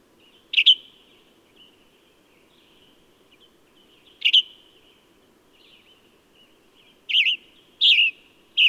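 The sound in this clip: Bird song: sharp high chirps, two early and three closer together near the end, with faint low hum in the background.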